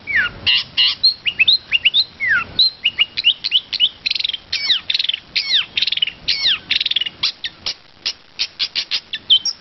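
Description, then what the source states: Long-tailed shrike song, a fast varied medley of sharp chirps, rising and falling whistles and slurred notes, barely pausing. Varied song with imitations of other birds, in the 'isian' fill-in song style.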